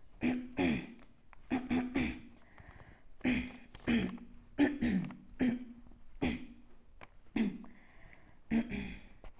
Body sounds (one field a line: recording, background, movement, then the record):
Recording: throat clearing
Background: quiet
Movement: sitting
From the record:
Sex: female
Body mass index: 22.6 kg/m2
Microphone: on the chest, facing outward